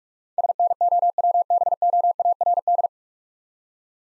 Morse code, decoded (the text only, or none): SNOWBOARD